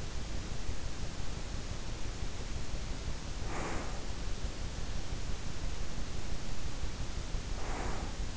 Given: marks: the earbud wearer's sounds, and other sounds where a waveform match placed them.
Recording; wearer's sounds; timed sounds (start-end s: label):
sounds in sleep by an in-ear microphone; breath
1.55-4.25 s: breath
7.45-8.37 s: breath